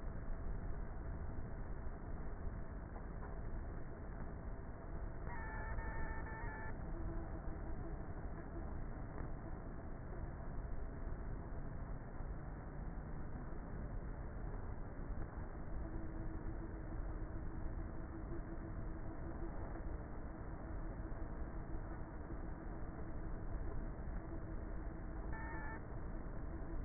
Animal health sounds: honeybee colony, microphone inside the hive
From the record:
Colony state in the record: queenless with a low population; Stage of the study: before two queens were removed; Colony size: about 30,000 bees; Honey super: no

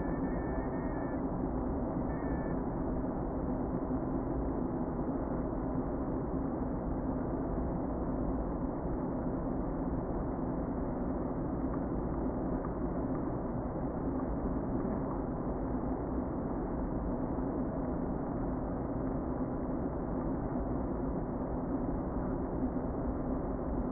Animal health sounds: honeybee colony, microphone inside the hive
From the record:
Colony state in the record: queen present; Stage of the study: before two queens were removed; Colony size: about 60,000 bees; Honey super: yes

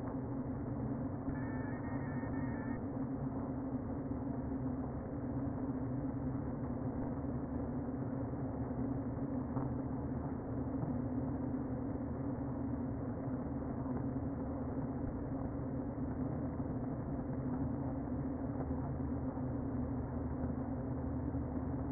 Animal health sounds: honeybee colony, microphone inside the hive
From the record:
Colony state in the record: queen present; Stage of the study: before two queens were removed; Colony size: about 60,000 bees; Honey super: yes

